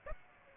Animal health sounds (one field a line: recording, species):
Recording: mosquito wingbeat signal from an infrared sensor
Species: Aedes aegypti